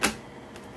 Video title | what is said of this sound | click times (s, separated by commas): Shark Rotator NV500 Maintenance Guide - Filter Change, Brushroll Clean, Hose Replacement | and there we go now that's locked in so now we've replaced the wand | 0.1 s